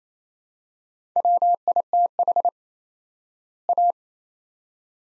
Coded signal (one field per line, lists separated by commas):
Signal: Morse code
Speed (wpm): 27 wpm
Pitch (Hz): 700 Hz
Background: none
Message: WITH A